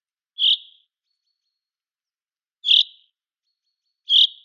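Common chaffinch calling three clipped, sharp single notes with a short fading tail, spaced about one and a half to two and a quarter seconds apart against a quiet background.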